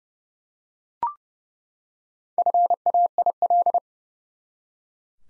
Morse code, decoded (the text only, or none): FAIL